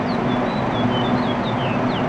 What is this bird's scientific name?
Haemorhous mexicanus